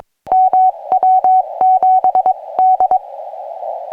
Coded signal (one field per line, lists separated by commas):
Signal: Morse code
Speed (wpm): 22 wpm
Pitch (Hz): 750 Hz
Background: none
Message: MW7D